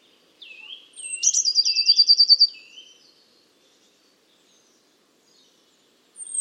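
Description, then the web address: Eurasian blue tit calling: lower curved notes around a high sharp note that leads into a rapid trill of about a second, then silence before a final high note. "Deverinetal 2025 File origin Bird Only Cy Ca"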